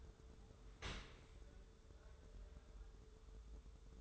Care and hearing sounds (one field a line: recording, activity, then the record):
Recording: daily activity, microphone in the room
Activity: open dishwasher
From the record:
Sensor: 3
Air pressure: 1014.9 hPa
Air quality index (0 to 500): 33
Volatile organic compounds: 1 ppm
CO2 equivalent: 553 ppm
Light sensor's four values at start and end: 11/26/11/11 and 11/26/11/11